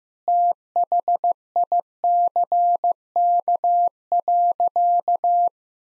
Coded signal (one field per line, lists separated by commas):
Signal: Morse code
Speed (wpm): 15 wpm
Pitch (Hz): 700 Hz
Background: none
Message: THICK.